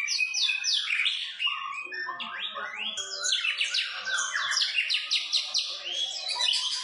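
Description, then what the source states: White-rumped shama song, a dense, unbroken stream of rapid, sliding whistles and chattering notes, rich and fast-changing throughout. White-rumped shama described as gacor, singing continuously and vigorously; meant to provoke a response from shamas.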